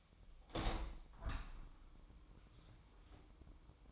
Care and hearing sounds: daily activity, microphone in the room; open window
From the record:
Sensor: 1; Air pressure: 1004.6 hPa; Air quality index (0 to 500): 105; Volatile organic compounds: 3 ppm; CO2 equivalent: 1440 ppm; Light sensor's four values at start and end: 7/18/7/7 and 7/18/7/7

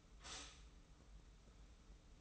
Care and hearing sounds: daily activity, microphone in the room; stop toaster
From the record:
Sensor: 1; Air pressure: 990.7 hPa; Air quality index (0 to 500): 144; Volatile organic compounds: 848 ppm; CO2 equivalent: 5169 ppm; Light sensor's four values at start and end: 23/55/23/25 and 23/55/23/25

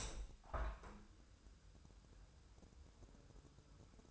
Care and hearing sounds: daily activity, microphone in the room; open window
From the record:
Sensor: 2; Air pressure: 1014.8 hPa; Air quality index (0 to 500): 30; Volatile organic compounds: 1 ppm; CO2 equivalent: 534 ppm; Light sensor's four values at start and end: 8/19/8/8 and 9/20/8/8

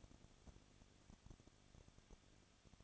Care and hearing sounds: daily activity, microphone in the room; no activity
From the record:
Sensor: 4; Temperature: 23.1 degrees Celsius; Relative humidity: 34.3%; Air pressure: 1007.2 hPa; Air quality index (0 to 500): 212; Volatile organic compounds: 14 ppm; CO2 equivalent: 2452 ppm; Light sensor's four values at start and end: 2/3/1/1 and 2/3/1/1

